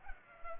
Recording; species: mosquito wingbeat signal from an infrared sensor; Culex pipiens